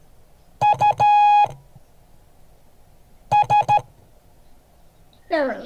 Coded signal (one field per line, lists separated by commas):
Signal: Morse code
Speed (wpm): 13 wpm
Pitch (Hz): 830 Hz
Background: speech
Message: US